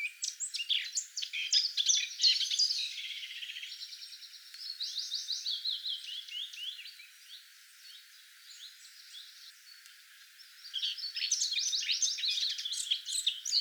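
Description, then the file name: Eurasian blackcap song in dense, scratchy warbling phrases with buzzy trills, a quieter stretch midway, then another rapid burst of chirps. "Sylvia atricapilla"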